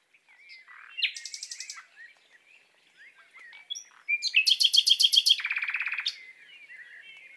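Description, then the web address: Common nightingale song: soft notes building into fast rattling trills, a loud dense burst of repeated notes, then a lower buzzy trill fading away. Courting song. "annee nature rossignol amoureux"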